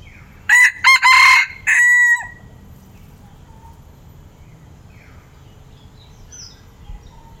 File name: Red junglefowl